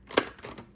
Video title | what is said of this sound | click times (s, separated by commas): Will This Ninja Blender Survive a Giant Ice Ball?! - Honest Review | and then you'll hear it click. | 0.2 s